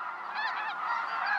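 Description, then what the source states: Snow Goose: snow geese honking, a brief overlapping run of high, nasal calls from several birds. In flight.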